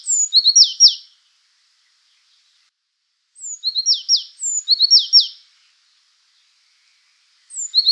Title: suara burung azure tit